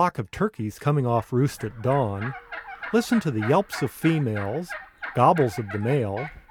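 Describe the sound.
Wild turkey gobbling: bursts of rapid, throaty, wavering notes rolling one after another, broken by short pauses.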